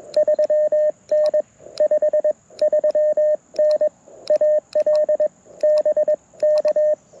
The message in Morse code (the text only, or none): 3N 53N AL BK